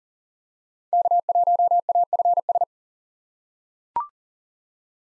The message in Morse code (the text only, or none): K1AFS